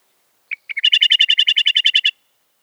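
Meadowlark chatter: two short separate notes, then a rapid, evenly spaced series of many harsh, buzzy notes.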